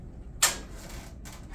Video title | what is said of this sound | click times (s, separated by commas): Pelvis Lab: Part 1: Femur | okay green light lock into place there | 0.4 s